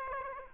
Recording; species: mosquito wingbeat signal from an infrared sensor; Aedes aegypti